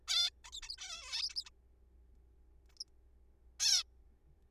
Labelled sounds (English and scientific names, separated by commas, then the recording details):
Zebra Finch (Taeniopygia guttata)
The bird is a juvenile
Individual R3428